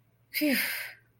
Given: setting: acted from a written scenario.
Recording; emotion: vocal sound without words; relief